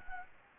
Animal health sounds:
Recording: mosquito wingbeat signal from an infrared sensor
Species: Anopheles gambiae

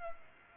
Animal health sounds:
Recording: mosquito wingbeat signal from an infrared sensor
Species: Aedes aegypti

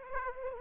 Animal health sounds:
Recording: mosquito wingbeat signal from an infrared sensor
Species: Aedes aegypti

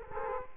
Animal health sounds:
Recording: mosquito wingbeat signal from an infrared sensor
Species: Culex quinquefasciatus

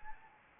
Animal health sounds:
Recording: mosquito wingbeat signal from an infrared sensor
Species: Anopheles gambiae

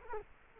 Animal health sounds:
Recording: mosquito wingbeat signal from an infrared sensor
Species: Culex quinquefasciatus

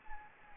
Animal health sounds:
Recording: mosquito wingbeat signal from an infrared sensor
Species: Anopheles gambiae

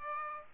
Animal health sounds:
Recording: mosquito wingbeat signal from an infrared sensor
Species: Aedes aegypti

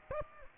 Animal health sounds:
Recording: mosquito wingbeat signal from an infrared sensor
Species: Aedes aegypti

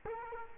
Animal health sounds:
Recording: mosquito wingbeat signal from an infrared sensor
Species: Culex quinquefasciatus

